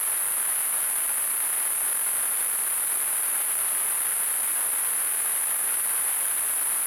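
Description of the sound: A steady, unbroken high-pitched ringing hiss runs for the whole seven seconds over a softer wash of noise, with no rhythm or breaks. It is a simulated tinnitus sound, an imitation of the constant phantom ringing or hissing some people hear.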